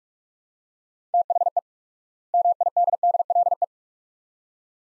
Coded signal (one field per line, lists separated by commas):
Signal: Morse code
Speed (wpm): 42 wpm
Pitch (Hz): 700 Hz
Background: none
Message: THE MIDDLE